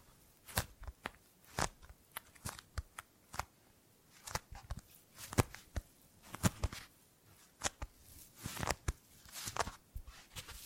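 Gripping and grabbing sounds: a string of sharp, dry clicks and snaps, about two or three a second at an uneven pace. Short bursts of scraping rustle fill some gaps, thickest around the ninth second, over a quiet, faintly hissy background.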